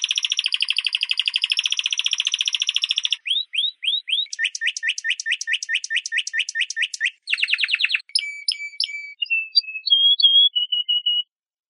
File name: burung kenari spanish timbrado